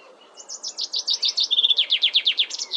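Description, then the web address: Common chaffinch song: bright repeated notes drop into a fast trill, then a series of sweeping notes ends in a short flourish. "Deverinetal"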